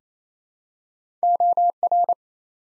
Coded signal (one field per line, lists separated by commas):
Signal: Morse code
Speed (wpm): 28 wpm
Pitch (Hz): 700 Hz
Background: none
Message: OR